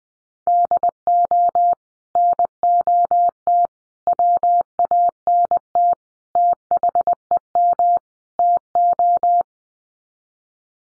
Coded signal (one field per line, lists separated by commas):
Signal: Morse code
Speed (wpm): 20 wpm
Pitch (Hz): 700 Hz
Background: none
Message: DO NOT WANT THEM TO